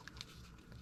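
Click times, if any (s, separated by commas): none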